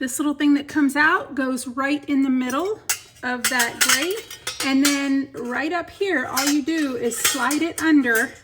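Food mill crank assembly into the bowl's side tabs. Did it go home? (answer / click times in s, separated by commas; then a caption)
no / none. A stainless steel food mill's crank and blade assembly is handled and slid toward the retaining tabs on the bowl's side, with light metal clinks as someone talks throughout. Nothing has seated or clicked into place yet.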